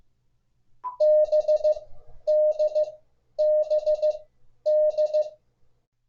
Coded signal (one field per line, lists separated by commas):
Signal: Morse code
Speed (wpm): 15 wpm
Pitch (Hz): 610 Hz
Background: none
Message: B D B D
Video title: 14 TIPS TO MAKE IT EASIER FOR YOU TO LEARN MORSE CODE